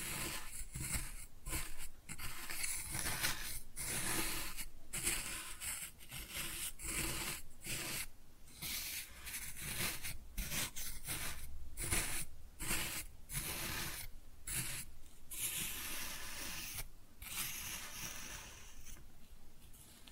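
Kinetic sand is cut and scooped in a dense run of soft, gritty scraping and rubbing strokes. The grainy texture fills nearly the whole clip, broken by brief quiet gaps roughly every half second to second as each stroke ends and the next begins.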